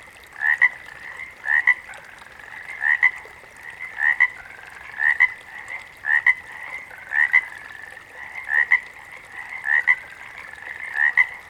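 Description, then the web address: Water frog producing short double-pulsed rasping croaks, repeated roughly once a second in a steady series, over a faint hum. "Sleep Sounds of Nature FROGS 02 Water Frogs"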